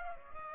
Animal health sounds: mosquito wingbeat signal from an infrared sensor; Culex pipiens

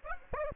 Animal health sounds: mosquito wingbeat signal from an infrared sensor; Aedes aegypti

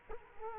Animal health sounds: mosquito wingbeat signal from an infrared sensor; Culex quinquefasciatus

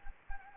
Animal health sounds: mosquito wingbeat signal from an infrared sensor; Anopheles arabiensis

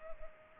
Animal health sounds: mosquito wingbeat signal from an infrared sensor; Culex pipiens

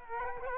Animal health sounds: mosquito wingbeat signal from an infrared sensor; Culex quinquefasciatus

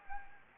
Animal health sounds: mosquito wingbeat signal from an infrared sensor; Anopheles gambiae

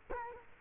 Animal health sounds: mosquito wingbeat signal from an infrared sensor; Culex quinquefasciatus

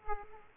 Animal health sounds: mosquito wingbeat signal from an infrared sensor; Aedes aegypti

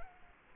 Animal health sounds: mosquito wingbeat signal from an infrared sensor; Culex quinquefasciatus

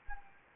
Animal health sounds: mosquito wingbeat signal from an infrared sensor; Anopheles arabiensis

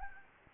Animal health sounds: mosquito wingbeat signal from an infrared sensor; Anopheles gambiae

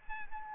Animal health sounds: mosquito wingbeat signal from an infrared sensor; Aedes albopictus

